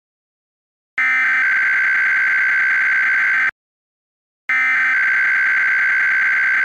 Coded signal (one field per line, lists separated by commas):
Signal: Emergency Alert System (SAME) tones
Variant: header bursts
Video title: EAS Mock: IPAWS RWT